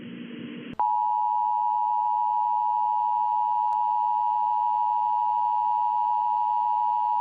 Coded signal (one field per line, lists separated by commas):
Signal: Emergency Alert System (SAME) tones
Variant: 853 and 960 Hz attention tone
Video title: EAS Severe thunderstorm warning Austin, TX green screen.￼￼